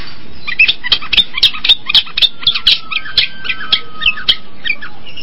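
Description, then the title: Long-tailed shrike song: a fast chattering stream of scratchy and squeaky notes, with a faint steady whistle running through the middle. Combination song (kombinasi) style. "Cendet Kombinasi"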